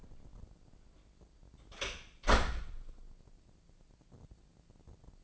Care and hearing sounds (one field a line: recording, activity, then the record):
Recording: daily activity, microphone in the room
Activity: close door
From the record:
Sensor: 5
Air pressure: 1012.4 hPa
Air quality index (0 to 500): 160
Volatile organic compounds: 2 ppm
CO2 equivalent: 1088 ppm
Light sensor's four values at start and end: 247/601/252/276 and 250/608/255/279